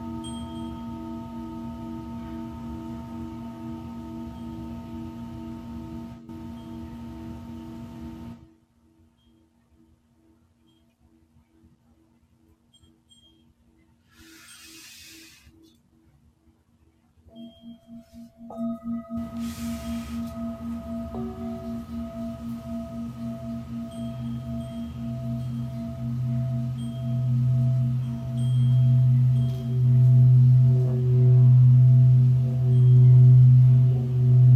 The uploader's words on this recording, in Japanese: 真夜中のシンギングボウルのサウンドヒーリング。チベタンシンギングボウルボウル。